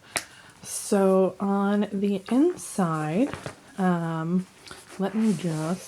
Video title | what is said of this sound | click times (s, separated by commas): Hobonichi Weeks Cover Option - Gillio Appunto Slim | clasp is a snap and it is really it's a sturdy one from what I can tell very like satisfying snap so | 0.2 s